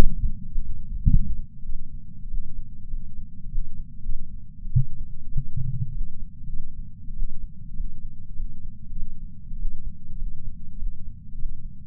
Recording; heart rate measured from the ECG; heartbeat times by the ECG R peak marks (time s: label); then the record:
heart sounds by patch sensor on the chest; 99 bpm
0.50 s: heartbeat
1.10 s: heartbeat
1.65 s: heartbeat
2.29 s: heartbeat
2.89 s: heartbeat
3.50 s: heartbeat
4.04 s: heartbeat
4.71 s: heartbeat
5.32 s: heartbeat
5.93 s: heartbeat
6.48 s: heartbeat
7.14 s: heartbeat
7.75 s: heartbeat
8.36 s: heartbeat
8.92 s: heartbeat
9.57 s: heartbeat
10.18 s: heartbeat
10.78 s: heartbeat
11.36 s: heartbeat
From the record:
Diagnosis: coronary artery disease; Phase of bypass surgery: postoperative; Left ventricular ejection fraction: 34.1%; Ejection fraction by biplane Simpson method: 29.5%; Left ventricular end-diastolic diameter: 66 mm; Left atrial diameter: 43 mm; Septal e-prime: 4.6 cm/s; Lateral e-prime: 6.7 cm/s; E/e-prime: 15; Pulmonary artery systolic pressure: 38 mmHg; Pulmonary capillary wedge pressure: 9 mmHg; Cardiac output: 3.4 L/min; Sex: male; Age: 47 years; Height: 180 cm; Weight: 90 kg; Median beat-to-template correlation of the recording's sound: 0.83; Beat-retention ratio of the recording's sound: 0.99